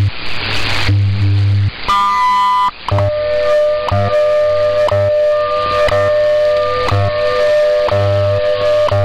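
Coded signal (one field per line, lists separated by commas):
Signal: radio time signal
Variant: WWV/WWVH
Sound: steady humming audio tone interrupted by a short tick every second, with a background hiss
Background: radio static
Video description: WWV + WWVH 10MHz, -65dBFS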